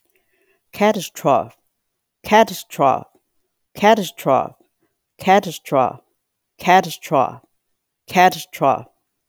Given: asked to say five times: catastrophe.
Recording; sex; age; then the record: repeated word; female; 50 to 59 years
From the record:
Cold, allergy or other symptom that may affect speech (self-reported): no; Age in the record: 58 years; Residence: Virginia, United States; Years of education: 22